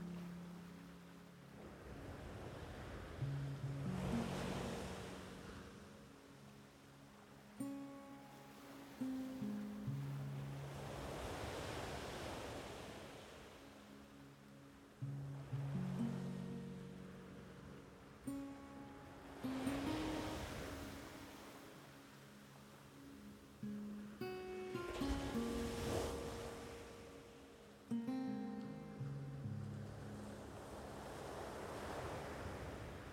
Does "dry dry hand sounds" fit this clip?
no